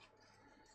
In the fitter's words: and okay that's interesting it doesn't lock in